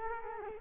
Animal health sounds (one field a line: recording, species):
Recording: mosquito wingbeat signal from an infrared sensor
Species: Culex quinquefasciatus